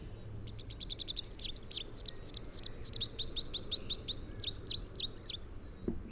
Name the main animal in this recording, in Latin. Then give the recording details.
Basileuterus rufifrons. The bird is a male. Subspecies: rufifrons. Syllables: 42. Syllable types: 9. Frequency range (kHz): 2.1-8.0 kHz. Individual AR-RSR-M